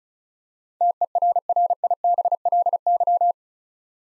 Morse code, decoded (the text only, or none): TERRIBLY